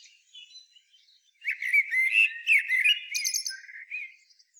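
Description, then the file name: Common blackbird song: a subdued lead-in, then a vigorous warbled phrase that closes with a rapid, high squeaky twitter. "Turdus merula"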